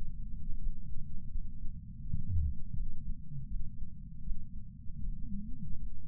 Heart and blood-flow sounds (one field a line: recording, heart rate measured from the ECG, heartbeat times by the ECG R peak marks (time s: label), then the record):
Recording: heart sounds by patch sensor on the chest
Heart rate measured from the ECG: 81 bpm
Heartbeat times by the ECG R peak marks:
0.58 s: heartbeat
1.29 s: heartbeat
2.01 s: heartbeat
2.73 s: heartbeat
3.47 s: heartbeat
4.23 s: heartbeat
5.00 s: heartbeat
5.77 s: heartbeat
From the record:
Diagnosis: coronary artery disease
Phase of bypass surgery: intraoperative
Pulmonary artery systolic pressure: 27 mmHg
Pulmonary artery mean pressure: 22 mmHg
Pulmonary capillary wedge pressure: 12 mmHg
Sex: male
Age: 49 years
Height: 175 cm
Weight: 80 kg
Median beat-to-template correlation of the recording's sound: 0.80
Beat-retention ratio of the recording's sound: 1.00